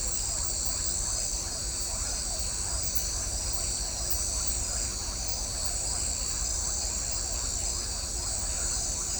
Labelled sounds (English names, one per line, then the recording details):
none
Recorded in shrubland near Pivijay, Magdalena, Colombia, on 1 June 2023 at 19:30
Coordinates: 10.453, -74.365
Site P5-G022